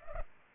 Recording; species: mosquito wingbeat signal from an infrared sensor; Culex pipiens